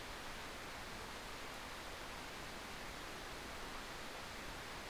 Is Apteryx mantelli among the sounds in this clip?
no